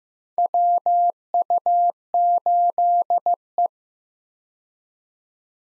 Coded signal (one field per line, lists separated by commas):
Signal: Morse code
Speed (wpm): 15 wpm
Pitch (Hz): 700 Hz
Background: none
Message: WU8E